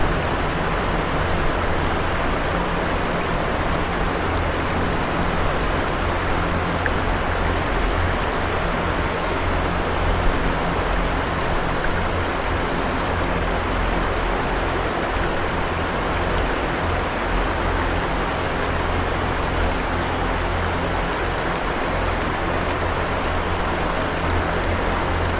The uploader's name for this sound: Deep Ambient Music And Water Sounds